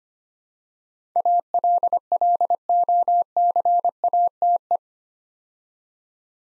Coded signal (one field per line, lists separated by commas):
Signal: Morse code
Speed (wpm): 25 wpm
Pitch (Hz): 700 Hz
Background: none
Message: ALLOCATE